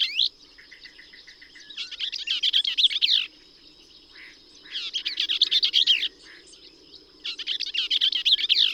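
Bell's vireo song: fast, scratchy chattering phrases with pauses between, with a steady high hum throughout.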